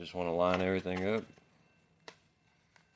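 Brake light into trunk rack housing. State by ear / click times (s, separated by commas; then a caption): not seated / none. Someone talks while lining up the integrated third brake light in the plastic trunk rack housing during a trunk rack install on a 2021 Honda Goldwing. A brief sharp tick follows at 2.1 s and a fainter one at 2.8 s as the light is handled. Nothing has seated or clicked into place yet.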